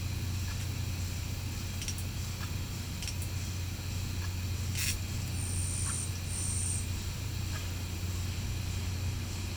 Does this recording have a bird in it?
no